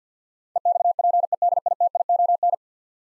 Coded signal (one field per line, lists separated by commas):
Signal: Morse code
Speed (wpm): 52 wpm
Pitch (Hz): 700 Hz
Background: none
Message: EXPEDITION